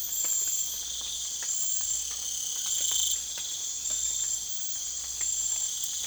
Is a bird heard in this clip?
no